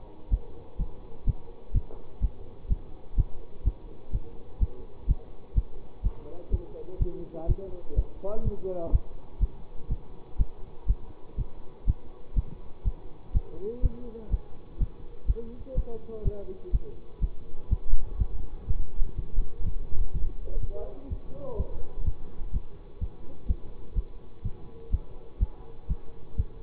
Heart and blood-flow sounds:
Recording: heart sounds by stethoscope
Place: between the tricuspid and mitral areas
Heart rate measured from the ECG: 124 bpm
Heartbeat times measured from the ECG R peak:
0.31 s: heartbeat
0.79 s: heartbeat
1.27 s: heartbeat
1.74 s: heartbeat
2.22 s: heartbeat
2.70 s: heartbeat
3.17 s: heartbeat
3.65 s: heartbeat
4.13 s: heartbeat
4.61 s: heartbeat
5.08 s: heartbeat
5.56 s: heartbeat
6.04 s: heartbeat
6.52 s: heartbeat
7.00 s: heartbeat
7.48 s: heartbeat
7.97 s: heartbeat
8.45 s: heartbeat
8.92 s: heartbeat
9.41 s: heartbeat
9.90 s: heartbeat
10.39 s: heartbeat
10.88 s: heartbeat
11.38 s: heartbeat
11.87 s: heartbeat
12.36 s: heartbeat
12.85 s: heartbeat
13.34 s: heartbeat
13.83 s: heartbeat
14.32 s: heartbeat
14.80 s: heartbeat
15.28 s: heartbeat
15.76 s: heartbeat
16.25 s: heartbeat
16.73 s: heartbeat
17.22 s: heartbeat
17.70 s: heartbeat
18.19 s: heartbeat
18.68 s: heartbeat
19.17 s: heartbeat
19.66 s: heartbeat
20.14 s: heartbeat
20.62 s: heartbeat
21.10 s: heartbeat
21.58 s: heartbeat
22.06 s: heartbeat
22.53 s: heartbeat
23.01 s: heartbeat
23.48 s: heartbeat
23.96 s: heartbeat
24.44 s: heartbeat
24.92 s: heartbeat
25.40 s: heartbeat
25.89 s: heartbeat
26.37 s: heartbeat
From the record:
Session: bicycle stress test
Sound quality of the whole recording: good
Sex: male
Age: 24 years

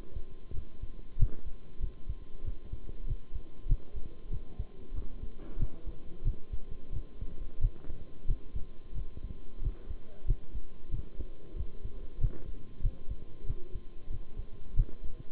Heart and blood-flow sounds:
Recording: heart sounds by stethoscope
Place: between the tricuspid and mitral areas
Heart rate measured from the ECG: 93 bpm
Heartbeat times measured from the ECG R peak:
0.53 s: heartbeat
1.18 s: heartbeat
1.81 s: heartbeat
2.43 s: heartbeat
3.06 s: heartbeat
3.68 s: heartbeat
4.30 s: heartbeat
4.93 s: heartbeat
5.58 s: heartbeat
6.24 s: heartbeat
6.92 s: heartbeat
7.60 s: heartbeat
8.27 s: heartbeat
8.94 s: heartbeat
9.61 s: heartbeat
10.26 s: heartbeat
10.91 s: heartbeat
11.55 s: heartbeat
12.20 s: heartbeat
12.82 s: heartbeat
13.46 s: heartbeat
14.10 s: heartbeat
14.75 s: heartbeat
From the record:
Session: bicycle stress test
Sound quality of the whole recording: good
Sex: male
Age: 23 years

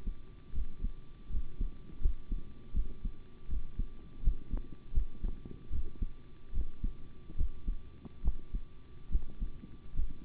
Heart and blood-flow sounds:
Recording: heart sounds by stethoscope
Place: between the tricuspid and mitral areas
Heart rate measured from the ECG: 76 bpm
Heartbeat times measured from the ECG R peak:
0.53 s: heartbeat
1.29 s: heartbeat
2.00 s: heartbeat
2.73 s: heartbeat
3.48 s: heartbeat
4.22 s: heartbeat
4.92 s: heartbeat
5.70 s: heartbeat
6.52 s: heartbeat
7.36 s: heartbeat
8.23 s: heartbeat
9.10 s: heartbeat
9.94 s: heartbeat
From the record:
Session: rest, sitting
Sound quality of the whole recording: good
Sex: male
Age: 25 years

